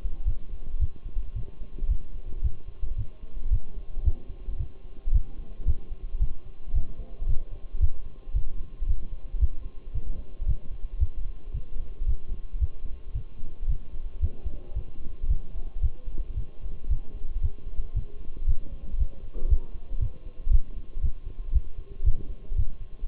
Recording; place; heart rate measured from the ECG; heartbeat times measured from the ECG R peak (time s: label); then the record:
heart sounds by stethoscope; between the tricuspid and mitral areas; 113 bpm
0.27 s: heartbeat
0.81 s: heartbeat
1.36 s: heartbeat
1.90 s: heartbeat
2.44 s: heartbeat
2.98 s: heartbeat
3.52 s: heartbeat
4.05 s: heartbeat
4.60 s: heartbeat
5.14 s: heartbeat
5.67 s: heartbeat
6.21 s: heartbeat
6.75 s: heartbeat
7.28 s: heartbeat
7.81 s: heartbeat
8.35 s: heartbeat
8.88 s: heartbeat
9.41 s: heartbeat
9.94 s: heartbeat
10.48 s: heartbeat
11.00 s: heartbeat
11.54 s: heartbeat
12.08 s: heartbeat
12.61 s: heartbeat
13.15 s: heartbeat
13.69 s: heartbeat
14.22 s: heartbeat
14.76 s: heartbeat
15.30 s: heartbeat
15.83 s: heartbeat
16.37 s: heartbeat
16.91 s: heartbeat
17.43 s: heartbeat
17.96 s: heartbeat
18.48 s: heartbeat
18.99 s: heartbeat
19.50 s: heartbeat
20.01 s: heartbeat
20.52 s: heartbeat
21.03 s: heartbeat
21.54 s: heartbeat
22.06 s: heartbeat
22.58 s: heartbeat
From the record:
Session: Bruce protocol treadmill stress test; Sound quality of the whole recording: partially saturated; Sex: male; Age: 23 years